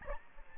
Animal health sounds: mosquito wingbeat signal from an infrared sensor; Aedes albopictus

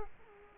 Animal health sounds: mosquito wingbeat signal from an infrared sensor; Culex quinquefasciatus

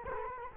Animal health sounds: mosquito wingbeat signal from an infrared sensor; Culex quinquefasciatus

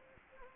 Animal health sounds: mosquito wingbeat signal from an infrared sensor; Anopheles gambiae

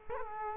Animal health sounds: mosquito wingbeat signal from an infrared sensor; Culex quinquefasciatus

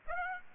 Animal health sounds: mosquito wingbeat signal from an infrared sensor; Aedes aegypti

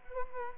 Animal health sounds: mosquito wingbeat signal from an infrared sensor; Culex quinquefasciatus

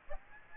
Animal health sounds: mosquito wingbeat signal from an infrared sensor; Aedes aegypti

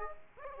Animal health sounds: mosquito wingbeat signal from an infrared sensor; Aedes aegypti

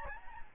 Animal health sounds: mosquito wingbeat signal from an infrared sensor; Aedes albopictus

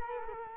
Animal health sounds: mosquito wingbeat signal from an infrared sensor; Culex quinquefasciatus

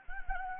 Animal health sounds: mosquito wingbeat signal from an infrared sensor; Anopheles gambiae

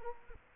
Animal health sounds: mosquito wingbeat signal from an infrared sensor; Culex quinquefasciatus

